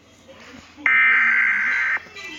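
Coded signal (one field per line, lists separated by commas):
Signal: Emergency Alert System (SAME) tones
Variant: header bursts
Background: speech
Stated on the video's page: Fictional tornado alert interrupting a show.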